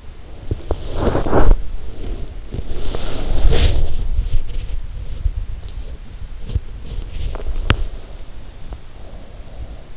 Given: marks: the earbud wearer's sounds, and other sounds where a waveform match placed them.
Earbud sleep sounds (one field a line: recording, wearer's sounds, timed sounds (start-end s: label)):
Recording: sounds in sleep by an in-ear microphone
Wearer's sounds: body movement, breath, teeth grinding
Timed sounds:
0.00-9.82 s: body movement
2.65-3.71 s: breath
7.30-8.03 s: teeth grinding